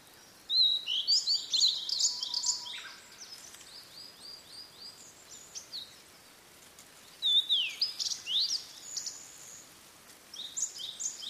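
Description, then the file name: Blue-and-white flycatcher song: a phrase of clear high whistles and quick trilled notes, softer repeated notes, a pause, another phrase, and a third starting near the end. "oruri"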